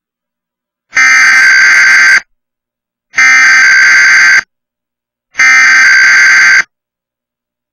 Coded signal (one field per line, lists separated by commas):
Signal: Emergency Alert System (SAME) tones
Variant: header bursts